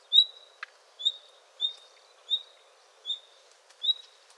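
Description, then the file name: Common nightingale calling with sharp high whistles repeated roughly every three-quarters of a second, plus one quick click. "Luscinia megarhynchos"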